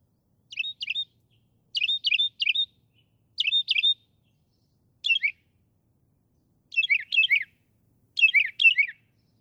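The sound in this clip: Northern mockingbird song made of quick clusters of squeaky, warbled notes, the groups spaced by pauses and changing in pattern toward the end.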